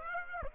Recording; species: mosquito wingbeat signal from an infrared sensor; Aedes aegypti